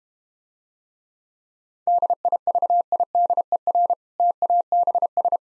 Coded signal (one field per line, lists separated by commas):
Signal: Morse code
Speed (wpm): 32 wpm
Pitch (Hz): 700 Hz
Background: none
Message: DIVIDER TABS